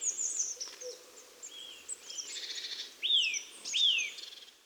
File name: Sitta europaea